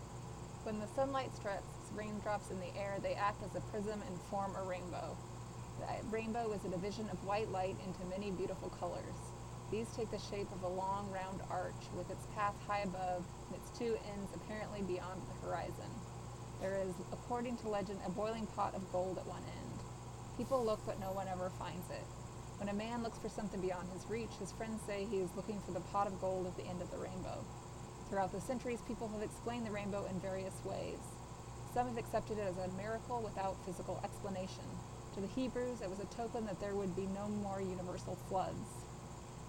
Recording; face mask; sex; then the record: reading aloud; surgical mask; female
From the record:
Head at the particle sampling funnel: tilted up or above it, chin in front of it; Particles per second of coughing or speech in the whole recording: 0.0394